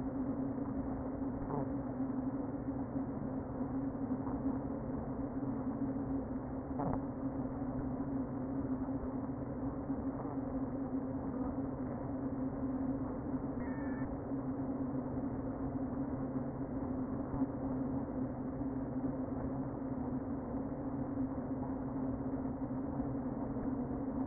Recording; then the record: honeybee colony, microphone inside the hive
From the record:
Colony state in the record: queen present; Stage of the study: before two queens were removed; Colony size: about 60,000 bees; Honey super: yes